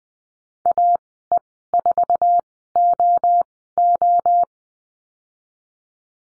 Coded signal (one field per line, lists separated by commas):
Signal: Morse code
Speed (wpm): 20 wpm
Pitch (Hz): 700 Hz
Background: none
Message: AE4OO